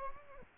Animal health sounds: mosquito wingbeat signal from an infrared sensor; Aedes aegypti

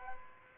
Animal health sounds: mosquito wingbeat signal from an infrared sensor; Aedes aegypti

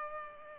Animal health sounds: mosquito wingbeat signal from an infrared sensor; Culex pipiens

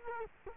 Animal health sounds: mosquito wingbeat signal from an infrared sensor; Culex quinquefasciatus

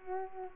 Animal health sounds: mosquito wingbeat signal from an infrared sensor; Culex pipiens

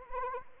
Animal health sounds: mosquito wingbeat signal from an infrared sensor; Anopheles arabiensis

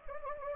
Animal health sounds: mosquito wingbeat signal from an infrared sensor; Anopheles gambiae

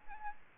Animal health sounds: mosquito wingbeat signal from an infrared sensor; Aedes albopictus

